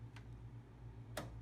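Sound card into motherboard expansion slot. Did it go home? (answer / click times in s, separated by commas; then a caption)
yes / 1.2 s. A Sound Blaster sound card is slid into the motherboard expansion slot next to the graphics card and pressed home. A faint tick at 0.2 s comes before a sharper click at 1.2 s, over a steady low hum. The card seats with that click at 1.2 s.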